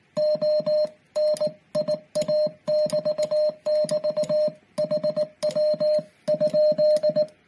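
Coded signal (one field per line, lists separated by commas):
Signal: Morse code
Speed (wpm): 18 wpm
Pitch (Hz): 610 Hz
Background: music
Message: ONIA <BT><BT> HW?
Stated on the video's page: Ragchew CW QSO ending under heavy QRM from military radar.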